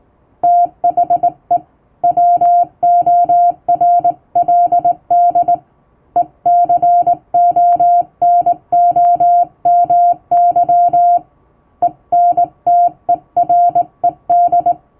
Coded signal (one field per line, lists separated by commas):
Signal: Morse code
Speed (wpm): 20 wpm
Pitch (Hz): 700 Hz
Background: music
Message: THE WORLD ECONOMY ENTERED